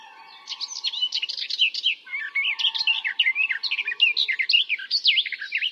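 Bird calls in a fast, continuous chatter of high chirps and short rising and falling notes, over a constant low tonal hum.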